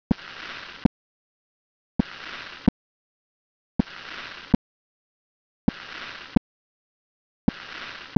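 Five evenly spaced cycles, about 32 a minute, each a sharp click, then a hissing murmur that swells slightly and fades, then a second click, with silence in between. This is a diamond-shaped (crescendo-decrescendo) systolic murmur filling the space between the first and second heart sounds.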